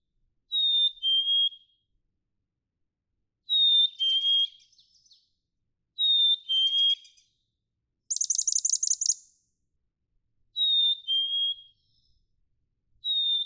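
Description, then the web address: Black-capped chickadee whistling repeated fee-bee phrases, with soft chattering notes after some and one burst of rapid buzzy notes midway. "birdsongforthecurious songs Black-capped Chickadee"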